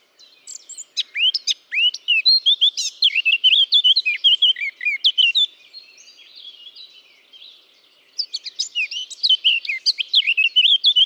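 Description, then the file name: Eurasian blackcap song: a long stream of rapid, varied, twisting notes, a quiet spell with faint twitters, then another energetic warble. "Sylvia atricapilla"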